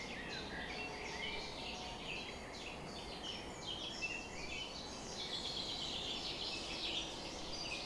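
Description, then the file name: Birds in a dawn chorus, a dense mix of quick chirps and whistled notes from several singers, louder toward the end, with a faint background hiss. Summer morning bird chorus at 4:40 am. "summer morning bird chorus-4 40 am in cobs"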